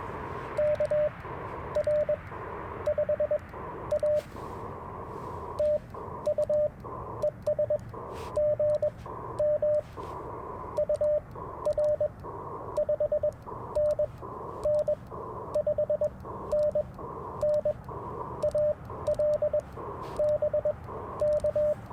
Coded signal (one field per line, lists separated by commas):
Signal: Morse code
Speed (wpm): 21 wpm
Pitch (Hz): 590 Hz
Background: radio noise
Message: KR5A TU ES GM UR 5NN 5NN AL BK